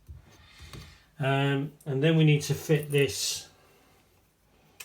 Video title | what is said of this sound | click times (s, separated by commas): Tumble dryer belt, guide wheel repair, Hotpoint | we just pop that back and place and give it a good push until it kind of stops and locks in place and | 0.7 s